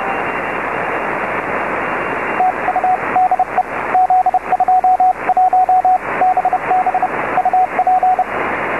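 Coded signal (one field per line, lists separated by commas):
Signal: Morse code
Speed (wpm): 30 wpm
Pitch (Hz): 740 Hz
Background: radio noise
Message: TU DE Z21BB UP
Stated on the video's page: CW on 15 meters.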